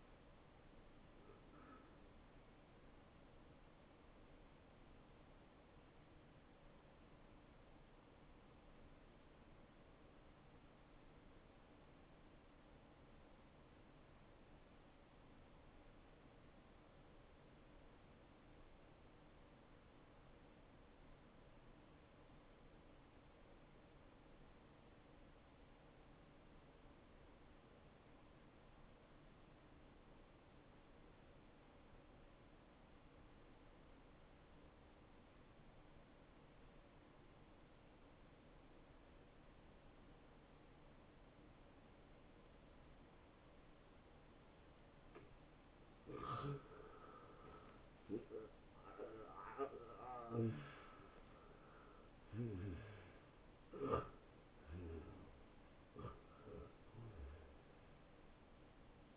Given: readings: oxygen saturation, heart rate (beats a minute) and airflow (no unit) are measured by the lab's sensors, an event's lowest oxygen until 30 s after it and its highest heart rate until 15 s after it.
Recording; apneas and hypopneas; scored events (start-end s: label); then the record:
breathing in sleep by a voice recorder at the bedside; 1
13.00-46.60 s: obstructive apnea (N1, oxygen 96% highest, then 84% lowest)
From the record:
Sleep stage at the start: N1 (lightest sleep); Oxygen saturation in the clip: 84 to 96%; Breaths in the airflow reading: 5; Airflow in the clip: -19.0 to 13.4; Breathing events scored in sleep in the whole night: 263 in 5.5 hours asleep